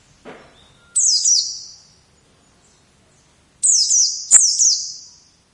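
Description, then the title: White-eye song: two bursts of thin, high, rapid twittering notes sliding downward, with a sharp click during the second burst. "Pleci"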